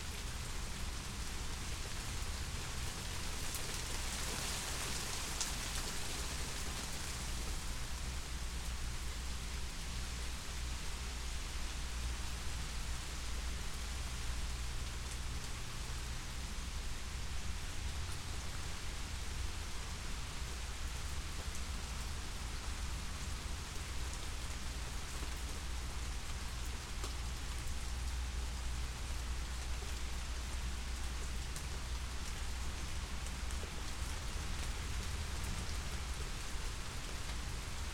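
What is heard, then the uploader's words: A steady rain shower falls on a bed of flowers, an even, dense hiss with no letup across the whole stretch. Fine patter sits over a low, constant rumble, and a slightly brighter wash of drops comes through around the fifth second. Steady Rain. Experience the soothing sounds of a steady midwestern rain shower as it falls on a bed of coneflowers and sunflowers. In northern Illinois. Elevation 755 feet. This type of rain—steady, sheeting rain—is a rare treat for me. Record ten-plus minutes of raindrops falling on the coneflowers and sunflowers growing along my Mom’s front porch.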